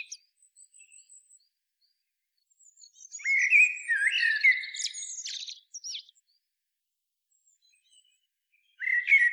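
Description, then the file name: Blackbird song, one full phrase: rich low whistled notes sliding into a scratchy high flourish, with faint twitters before it and the start of a new phrase at the close. "Turdus merula"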